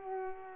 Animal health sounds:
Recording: mosquito wingbeat signal from an infrared sensor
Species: Culex pipiens

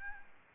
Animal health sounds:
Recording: mosquito wingbeat signal from an infrared sensor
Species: Aedes albopictus

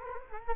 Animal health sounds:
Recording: mosquito wingbeat signal from an infrared sensor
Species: Culex quinquefasciatus

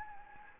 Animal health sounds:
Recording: mosquito wingbeat signal from an infrared sensor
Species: Anopheles gambiae

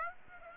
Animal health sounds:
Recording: mosquito wingbeat signal from an infrared sensor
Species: Aedes aegypti

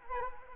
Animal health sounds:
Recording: mosquito wingbeat signal from an infrared sensor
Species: Anopheles arabiensis

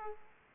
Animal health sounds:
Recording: mosquito wingbeat signal from an infrared sensor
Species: Aedes aegypti

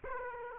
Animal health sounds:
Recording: mosquito wingbeat signal from an infrared sensor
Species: Aedes aegypti

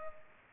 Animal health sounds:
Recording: mosquito wingbeat signal from an infrared sensor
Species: Culex pipiens

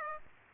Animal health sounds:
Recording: mosquito wingbeat signal from an infrared sensor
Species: Aedes aegypti

